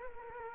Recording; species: mosquito wingbeat signal from an infrared sensor; Culex quinquefasciatus